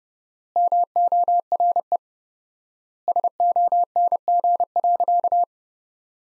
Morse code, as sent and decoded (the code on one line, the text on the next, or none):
-- --- .-. . / ... --- -. --. .-.-.-
MORE SONG.